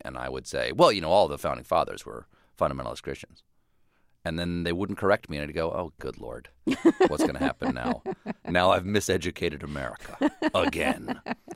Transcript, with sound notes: And I would say, well, you know, all the founding fathers were fundamentalist Christians. And then they wouldn't correct me. And I'd go, oh, good Lord.
(Laughter).
What's going to happen now? Now I've miseducated America again.